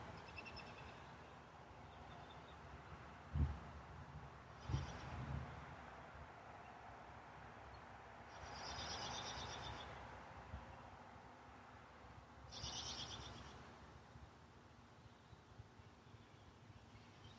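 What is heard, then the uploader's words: Birds call in spring over a steady low rumble that fills the whole stretch. High, bright bursts of chirping come around 9 seconds and again near 13 seconds, with fainter calls earlier. Two sharp thuds land at about 3 and 5 seconds. Birds of Spring.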